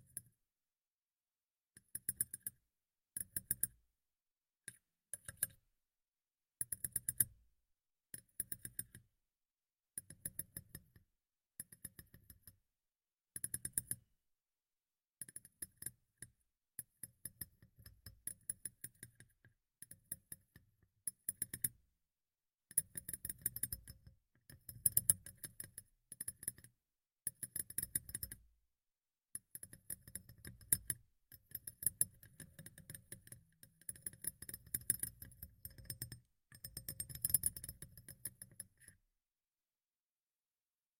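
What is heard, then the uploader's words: Bright tapping comes in short bursts separated by brief silences, with a clicky, slightly clinking edge and some soft low thumps underneath. The bursts grow longer and busier after about twenty seconds, then the tapping stops just before the end. ASMR Tapping in Your Ear (No Talking).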